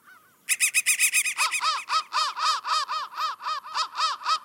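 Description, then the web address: Crows giving rapid, repeated harsh calls in quick arched notes, with more than one bird overlapping, after a brief quiet start. "soundfactory crow"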